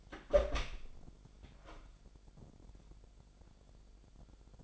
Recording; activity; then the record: daily activity, microphone in the room; open door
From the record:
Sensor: 5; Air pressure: 1007.2 hPa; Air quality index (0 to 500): 170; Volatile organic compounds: 4 ppm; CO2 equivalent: 1628 ppm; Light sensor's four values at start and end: 56/157/61/61 and 57/161/62/62